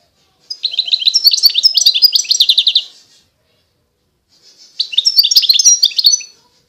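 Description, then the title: European goldfinch song in two phrases of quick, high, chattering twitters separated by a silent gap of about a second and a half. Wild bird. "اجمل غناءالحسون الخلويchant chardonneret sauvage"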